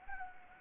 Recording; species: mosquito wingbeat signal from an infrared sensor; Anopheles arabiensis